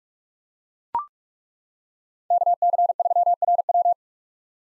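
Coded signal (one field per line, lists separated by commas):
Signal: Morse code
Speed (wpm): 42 wpm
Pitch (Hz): 700 Hz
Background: none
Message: KC3RW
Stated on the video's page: Morse head-copy drill of common POTA activator call signs at 45 wpm.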